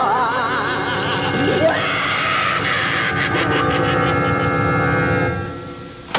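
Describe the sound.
Hyena calling with loud, wavering, wobbling cries that shift up and down in pitch, then a harsher stretch before the sound fades and ends with a brief burst.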